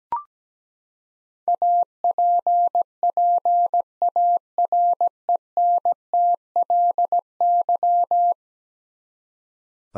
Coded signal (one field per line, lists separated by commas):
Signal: Morse code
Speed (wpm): 17 wpm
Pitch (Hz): 700 Hz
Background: none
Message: APPARENTLY